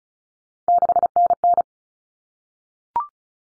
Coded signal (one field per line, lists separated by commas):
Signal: Morse code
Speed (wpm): 34 wpm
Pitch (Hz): 700 Hz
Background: none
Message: 6NN